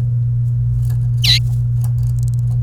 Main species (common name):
Domestic Canary